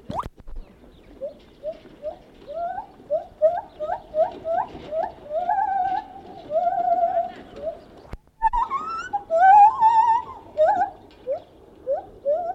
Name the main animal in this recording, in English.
Lar Gibbon